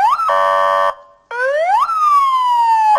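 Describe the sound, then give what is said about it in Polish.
A bicycle ambulance's electronic siren: a quick upward sweep, a harsh buzzing blast, a short break, then two rising wails ending in a long falling tone. Loud and clear, with no talking. “A rowerowa karetka? No tak, dajemy sygnał.”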